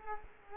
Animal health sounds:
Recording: mosquito wingbeat signal from an infrared sensor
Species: Culex quinquefasciatus

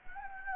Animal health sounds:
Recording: mosquito wingbeat signal from an infrared sensor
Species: Anopheles gambiae

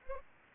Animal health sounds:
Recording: mosquito wingbeat signal from an infrared sensor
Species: Aedes aegypti

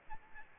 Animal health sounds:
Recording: mosquito wingbeat signal from an infrared sensor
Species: Aedes albopictus

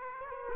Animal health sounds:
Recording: mosquito wingbeat signal from an infrared sensor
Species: Aedes aegypti

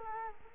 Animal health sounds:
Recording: mosquito wingbeat signal from an infrared sensor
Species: Culex quinquefasciatus

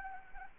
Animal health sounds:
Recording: mosquito wingbeat signal from an infrared sensor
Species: Anopheles gambiae

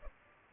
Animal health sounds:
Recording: mosquito wingbeat signal from an infrared sensor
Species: Aedes albopictus

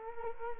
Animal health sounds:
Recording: mosquito wingbeat signal from an infrared sensor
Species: Culex quinquefasciatus

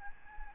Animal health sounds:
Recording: mosquito wingbeat signal from an infrared sensor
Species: Aedes albopictus

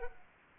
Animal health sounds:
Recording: mosquito wingbeat signal from an infrared sensor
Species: Culex quinquefasciatus

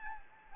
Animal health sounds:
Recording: mosquito wingbeat signal from an infrared sensor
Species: Anopheles gambiae

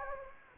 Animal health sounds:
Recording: mosquito wingbeat signal from an infrared sensor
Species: Anopheles gambiae

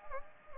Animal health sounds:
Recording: mosquito wingbeat signal from an infrared sensor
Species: Anopheles arabiensis

